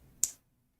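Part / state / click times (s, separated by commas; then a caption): 2x1 overhang plastic brick onto brick build / seated / 0.2 s. A 2x1 LEGO plastic brick with an overhang is pushed onto a brick build and snaps on at 0.2 s with one loud, sharp, bright click. The click fades quickly to silence, leaving the brick seated.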